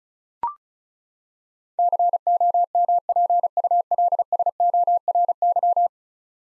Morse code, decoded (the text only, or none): COMPULSORY